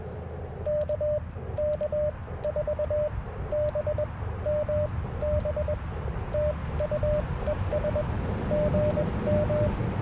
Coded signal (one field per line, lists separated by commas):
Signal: Morse code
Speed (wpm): 21 wpm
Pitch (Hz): 600 Hz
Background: radio noise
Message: KK4BMB TU ES GM